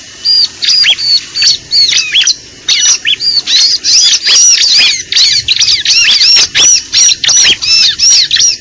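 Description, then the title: Lovebird calls in quick bursts of shrill, arched squeaks, about two or three per second, broken by brief gaps. Lure recording (pikat) made for attracting birds. "PIKAT BURUNG LOVEBIRD"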